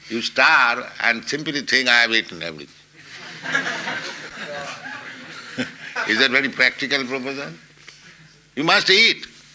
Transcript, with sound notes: You starve, and simply think, "I have eaten everything." [laughter] Is that very practical proposal? You must eat.